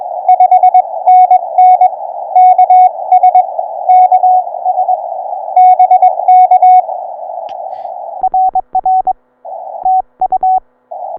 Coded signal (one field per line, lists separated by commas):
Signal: Morse code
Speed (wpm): 22 wpm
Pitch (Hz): 750 Hz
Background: radio noise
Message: 5NN KS KS BK RR TU